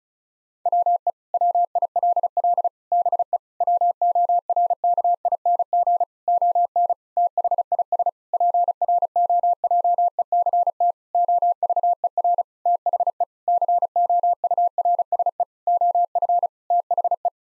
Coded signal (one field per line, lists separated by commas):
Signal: Morse code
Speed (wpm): 36 wpm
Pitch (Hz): 700 Hz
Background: none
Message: WE WILL BE WORKING ON THIS PROJECT OVER THE COURSE OF THE